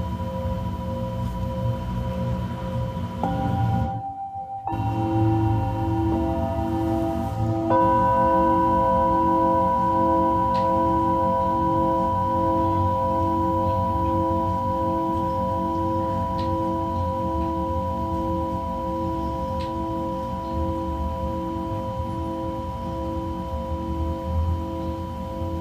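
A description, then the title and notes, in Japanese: Tibetan singing bowls ring with long, steady sustained tones that layer over one another, with new strikes adding brighter pitches around three and eight seconds. A brief near-silent gap occurs near four seconds, and a soft low rumble hums underneath throughout. 真夜中のシンギングボウルのサウンドヒーリング。チベタンシンギングボウル。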